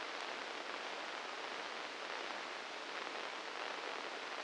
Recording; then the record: brain microelectrode recording played as sound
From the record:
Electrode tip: inside the subthalamic nucleus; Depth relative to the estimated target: 1 mm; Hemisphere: left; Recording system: NeuroSet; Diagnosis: Parkinson's disease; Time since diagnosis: 9 years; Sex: male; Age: 56 years